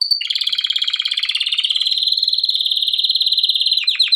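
Canary song: a long, fast, even trill held steady around a high pitch for about four seconds, ending in a few quick descending sweeps.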